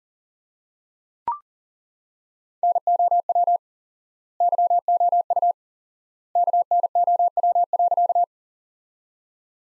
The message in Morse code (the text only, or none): NOW YOU KNOW.